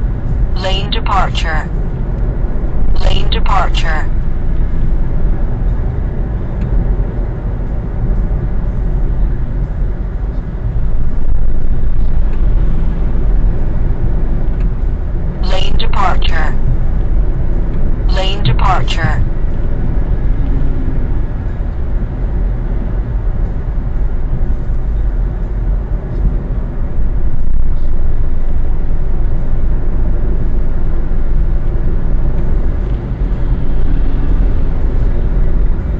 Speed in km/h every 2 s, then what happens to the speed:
72, 70, 73, 72, 69, 67, 69, 71, 72, 74, 76, 73, 67, 64, 66, 67, 69, 71.
0-5 steady at about 72. 5-10 slows to 67. 10-21 speeds up to 76. 21-26 slows to 64. 26-36 speeds up to 71.